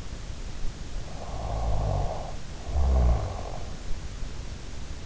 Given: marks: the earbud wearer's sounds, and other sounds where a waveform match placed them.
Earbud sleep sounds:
sounds in sleep by an in-ear microphone; snoring breath
0.56-3.41 s: snoring breath

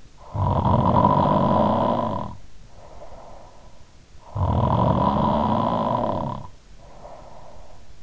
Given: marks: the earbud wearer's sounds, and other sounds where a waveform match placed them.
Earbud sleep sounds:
sounds in sleep by an in-ear microphone; snoring breath
0.03-3.88 s: snoring breath
4.26-8.03 s: snoring breath

